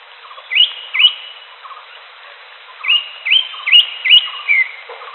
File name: audio cucak hijau alam liar